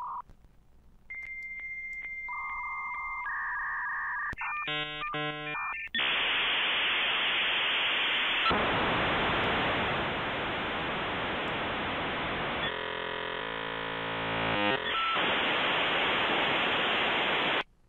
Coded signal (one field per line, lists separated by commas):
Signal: dial-up modem handshake